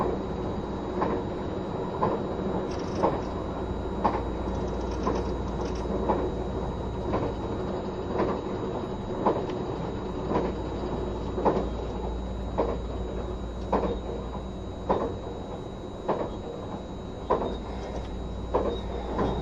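Running noise of a train in motion, a steady low rumble and roar that holds level throughout. Sharp clacks punctuate it roughly once a second, a regular rhythm of wheels over rail joints, with a faint high whine running beneath.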